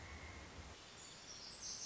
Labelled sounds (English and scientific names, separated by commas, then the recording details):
Pacific Wren (Troglodytes pacificus)
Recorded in Sonoma County, California